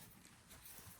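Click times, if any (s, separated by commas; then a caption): none. A steel folding blade of a pocket knife is being closed into its handle while the knife is looked over after arriving in a package. Only faint handling rustle and low background noise are heard, with one small tick around 0.3 s. The blade has not snapped shut yet, and nothing has seated or clicked.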